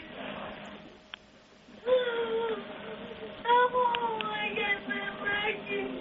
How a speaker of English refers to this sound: I'll tell you what, dear. What are your kids crying about? Oh, my son wants to go to the store.